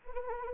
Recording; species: mosquito wingbeat signal from an infrared sensor; Anopheles arabiensis